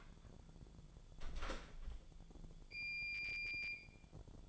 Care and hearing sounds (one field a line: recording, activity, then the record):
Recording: daily activity, microphone in the room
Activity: close door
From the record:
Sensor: 5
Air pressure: 1015.3 hPa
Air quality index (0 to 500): 220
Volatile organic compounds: 13 ppm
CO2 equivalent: 2386 ppm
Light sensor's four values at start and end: 35/80/32/31 and 35/80/32/31